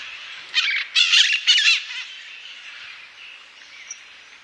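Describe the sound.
Bird makes three rasping squawks in quick succession, followed by a quieter stretch with faint background sound.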